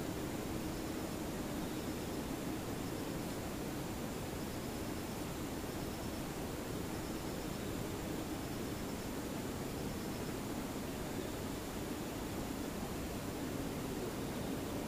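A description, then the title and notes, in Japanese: A quiet scene with insects far off, their faint chirring showing as thin, pulsing high trills that come and go throughout. Underneath sits a steady, dense hiss with a soft low rumble, unchanging for the whole fifteen seconds. 無音遠くにムシ。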